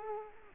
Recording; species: mosquito wingbeat signal from an infrared sensor; Culex quinquefasciatus